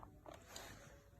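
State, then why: Seated. The lid of a UTVS-006 countertop vacuum sealer is pressed down hard over the bag until it latches. Two short clicks sound at 0.0 s and 0.6 s, one for each side latch, over a low background. The lid ends up locked on both sides.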